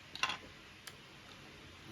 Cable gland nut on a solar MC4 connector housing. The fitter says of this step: Oh, you hear what that click? I'm going to keep do it extra cuz I'm extra.